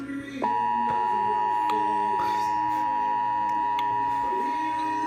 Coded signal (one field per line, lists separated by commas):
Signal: Emergency Alert System (SAME) tones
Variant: 853 and 960 Hz attention tone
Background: speech, music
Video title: EAS #43 Severe Thunderstorm Watch